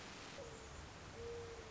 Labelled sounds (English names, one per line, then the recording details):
Mourning Dove
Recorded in Sonoma County, California